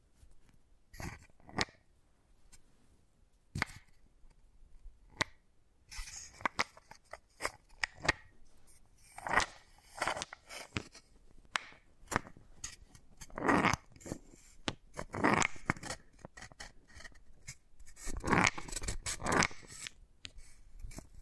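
Wooden balls click and tap sparsely at first, then more densely after six seconds, with a few longer scraping, rolling rattles toward the end.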